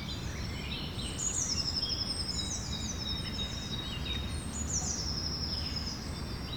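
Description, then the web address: Birds sing long, thin, high whistles and slurred chirps, a few clear phrases repeating, over a noticeable low hum. Birds recorded in the evening. "Effects 02-Birds, Insects Animals. Birds evening"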